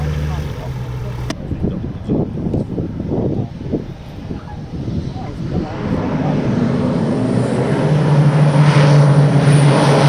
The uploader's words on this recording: Planespotting Leer-Papenburg EDWF. Some highlights from an afternoon at Leer-Papenburg airfield.